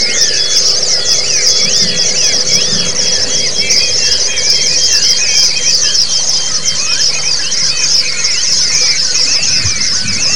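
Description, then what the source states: White-eye chorus: dense, continuous high twittering with many overlapping whistled, rising and falling notes from several birds, over a steady low hum. Therapy recording of the 'ombyokan' style, with many white-eyes singing together.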